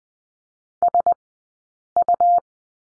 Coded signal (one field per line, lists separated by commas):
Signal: Morse code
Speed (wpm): 20 wpm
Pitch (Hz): 700 Hz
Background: none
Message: SU